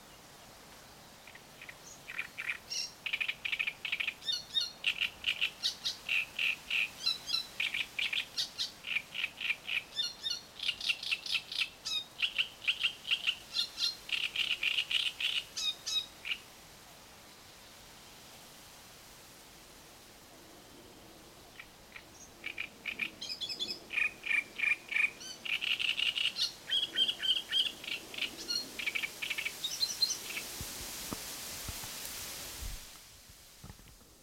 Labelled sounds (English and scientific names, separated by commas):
Great Reed Warbler (Acrocephalus arundinaceus)